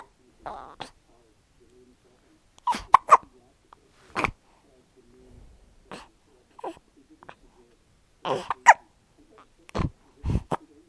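Repeated hiccups from an adult, sharp brief bursts recurring at irregular intervals, with quiet between them.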